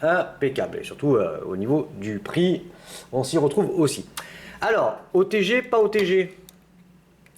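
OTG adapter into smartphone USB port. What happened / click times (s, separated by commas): Handled but not yet seated: no seating click, only talk and faint handling ticks before the plug goes in / none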